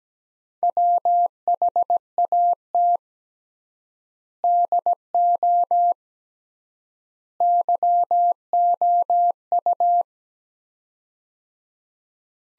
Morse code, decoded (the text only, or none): WHAT DO YOU